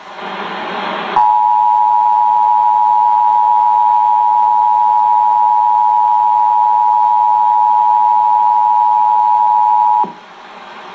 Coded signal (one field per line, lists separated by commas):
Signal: Emergency Alert System (SAME) tones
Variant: 853 and 960 Hz attention tone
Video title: Official EAS Test from 11-9-11